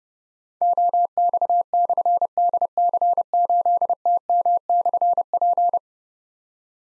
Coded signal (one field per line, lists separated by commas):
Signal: Morse code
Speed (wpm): 30 wpm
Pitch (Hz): 700 Hz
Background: none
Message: OX/DC8TM/P